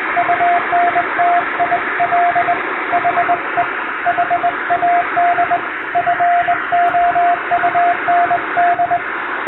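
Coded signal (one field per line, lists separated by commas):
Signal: Morse code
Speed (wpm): 22 wpm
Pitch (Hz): 700 Hz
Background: radio noise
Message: UNTIL HE HAD FOUND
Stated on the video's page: Morse practice in English-language CW sent by hand on a vertical straight key, from a telegram practice book.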